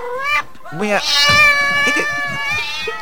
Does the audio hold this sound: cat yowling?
yes